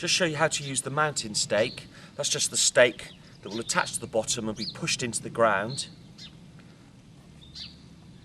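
Someone talks while the plastic mounting stake is lined up and placed into the socket on the bottom of a Catwatch Ultrasonic Cat Deterrent garden unit, where it rests before being turned 90 degrees to lock. Speech fills the first six seconds, followed by quieter background with a faint, brief sound at 6.6 s. Nothing has seated or clicked yet.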